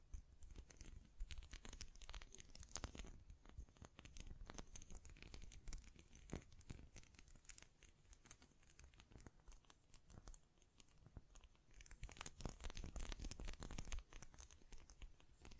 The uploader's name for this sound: Tapping, Scratching, Mic Brushing, Hand Sounds